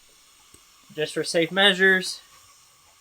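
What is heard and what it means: A new rubber valve stem seal, coated in assembly lube, is pushed down over the valve guide on a D16A6 engine cylinder head from an EF Civic wagon using a 10 mm socket, and it clicks as it seats onto the guide at 0.5 s. The seal is then seated, and someone talks afterward.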